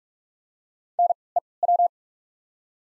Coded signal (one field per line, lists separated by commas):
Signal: Morse code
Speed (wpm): 46 wpm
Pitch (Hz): 700 Hz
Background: none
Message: NEW